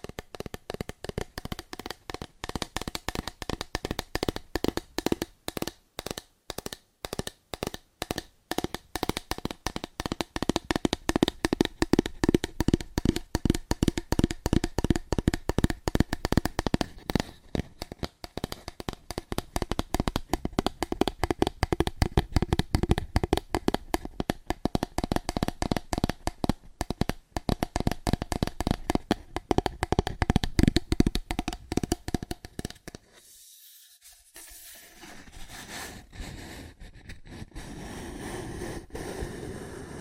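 Fast, aggressive tapping on cardboard runs in dense, rapid bursts of sharp dry knocks, with brief pauses between runs. The pace stays quick and fairly regular through about 32 seconds, then drops out briefly before softer rustling and scratching take over near the end.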